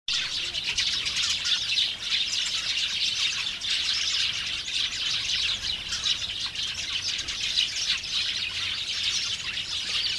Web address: house sparrows flock passer domesticus briskly chirping in the cherry bushes